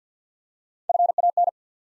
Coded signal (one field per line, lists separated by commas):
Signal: Morse code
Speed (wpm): 49 wpm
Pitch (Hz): 700 Hz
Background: none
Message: F A N